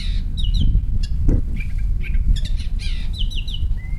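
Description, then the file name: Long-tailed shrike calls: a quick run of slurred whistles and short chattering notes, some rising and falling in waves, with a constant low rumble underneath. "shrike-long-tailed -Lanius-schach"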